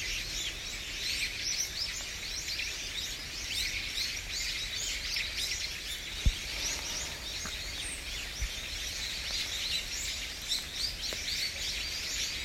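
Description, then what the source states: Birds chirping and twittering constantly in a busy high-pitched chorus, with steady background noise and a few brief knocks. Birds in Usuki, Japan.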